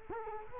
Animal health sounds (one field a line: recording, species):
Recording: mosquito wingbeat signal from an infrared sensor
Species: Culex quinquefasciatus